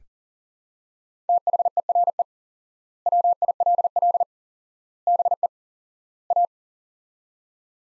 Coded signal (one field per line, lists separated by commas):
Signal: Morse code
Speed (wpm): 40 wpm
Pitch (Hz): 700 Hz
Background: none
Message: THERE WILL BE A